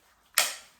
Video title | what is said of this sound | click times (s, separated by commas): How to use the Nuby Baby Carrier | um as long as you hear that clunk | 0.4 s